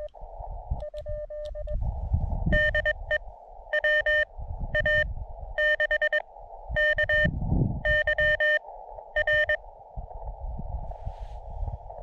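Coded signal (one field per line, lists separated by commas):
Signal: Morse code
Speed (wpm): 22 wpm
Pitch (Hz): 1800 Hz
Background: none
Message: DE WA6KYR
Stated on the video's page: Summits On The Air activation from Escudilla Mountain.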